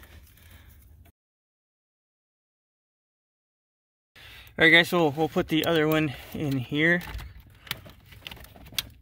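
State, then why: Seated. On a 1996–2000 Honda Civic with an immobilizer, the second plug of the ignition switch wiring is pushed by hand into its plastic harness connector under the steering column. Someone talks, then small plastic handling clicks follow. The plug seats with a sharp click at 8.8 seconds.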